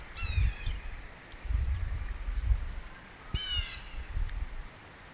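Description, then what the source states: Bird calls, two brief buzzy squawks with stacked harmonics, about three seconds apart, against steady low rumbling noise. Recorded in northern Illinois.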